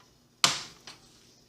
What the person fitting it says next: Snapped into place.